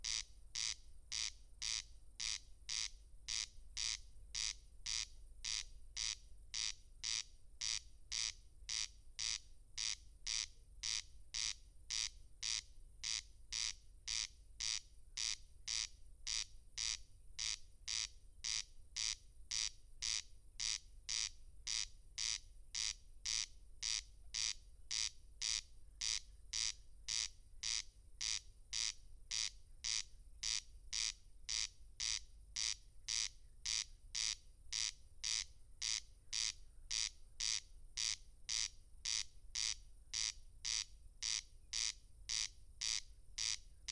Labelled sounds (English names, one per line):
Corn Crake song